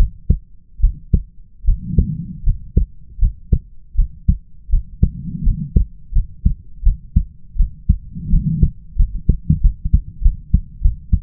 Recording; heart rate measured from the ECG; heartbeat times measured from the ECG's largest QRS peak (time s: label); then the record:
heart sounds by stethoscope; 84 bpm
0.81 s: heartbeat
1.65 s: heartbeat
2.44 s: heartbeat
3.19 s: heartbeat
3.96 s: heartbeat
4.70 s: heartbeat
5.44 s: heartbeat
6.13 s: heartbeat
6.83 s: heartbeat
7.57 s: heartbeat
8.30 s: heartbeat
8.97 s: heartbeat
9.61 s: heartbeat
10.22 s: heartbeat
10.82 s: heartbeat
From the record:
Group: healthy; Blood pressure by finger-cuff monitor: 101/57 mmHg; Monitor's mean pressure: 70 mmHg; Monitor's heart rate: 81 bpm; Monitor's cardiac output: 7.3 L/min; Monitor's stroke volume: 89 mL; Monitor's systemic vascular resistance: 690 dyn s/cm5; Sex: female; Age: 22 years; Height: 157 cm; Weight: 47.6 kg